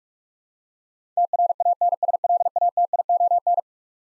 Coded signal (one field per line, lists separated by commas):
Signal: Morse code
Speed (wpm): 46 wpm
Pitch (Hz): 700 Hz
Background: none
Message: TRANSLATION